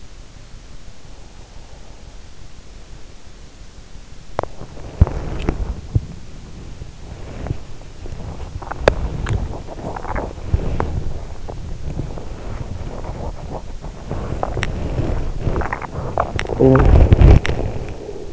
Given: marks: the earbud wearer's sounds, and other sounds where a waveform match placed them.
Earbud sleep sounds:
sounds in sleep by an in-ear microphone; breath, body movement, teeth grinding, talking in sleep
0.60-3.39 s: breath
4.24-18.32 s: body movement
8.64-9.05 s: teeth grinding
14.54-14.86 s: teeth grinding
16.15-16.62 s: teeth grinding
16.39-16.96 s: talking in sleep
17.31-17.72 s: teeth grinding

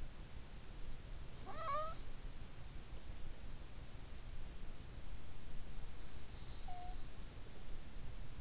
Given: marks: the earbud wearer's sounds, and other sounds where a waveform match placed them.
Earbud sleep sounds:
sounds in sleep by an in-ear microphone; breath
1.22-3.19 s: breath
5.98-8.41 s: breath

